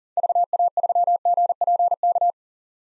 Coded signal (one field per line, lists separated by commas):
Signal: Morse code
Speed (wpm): 40 wpm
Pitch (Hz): 700 Hz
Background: none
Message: VA3GPK